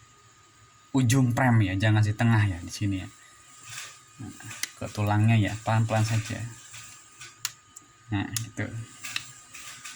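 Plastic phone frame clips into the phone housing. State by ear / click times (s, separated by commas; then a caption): seated / 7.5 s, 7.8 s. While fitting a Vivo Y95 screen, the plastic frame edge is pressed slowly onto the phone housing ribs as someone talks. The frame's plastic clips snap into place with sharp clicks at 7.5 s and 7.8 s, seating the frame. The clips are not to be forced if they are hard, or the frame will crack.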